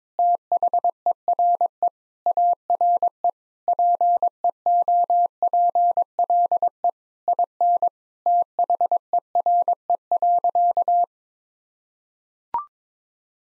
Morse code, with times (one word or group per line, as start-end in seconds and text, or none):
0.2-1.9 THERE
2.3-3.3 ARE
3.7-6.9 PEOPLE
7.3-7.9 IN
8.3-11.0 THERE.